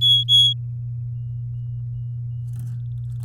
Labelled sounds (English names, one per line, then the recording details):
Domestic Canary song
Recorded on 9 May 2018 at 10:57
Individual llb16